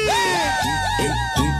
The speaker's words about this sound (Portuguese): Cadê o grito das solteiras aí?